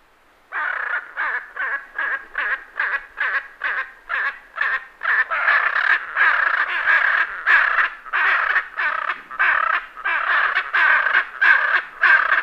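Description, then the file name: Hyacinth macaw calls: loud, harsh squawks repeated in a steady series, about one every 0.6 seconds, for over eleven seconds, with no other clear sounds. "Vocalizacao de arara azul Fabio Ueno"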